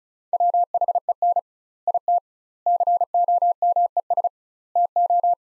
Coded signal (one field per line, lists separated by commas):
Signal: Morse code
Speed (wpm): 36 wpm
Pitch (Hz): 700 Hz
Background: none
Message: WHEN IT COMES TO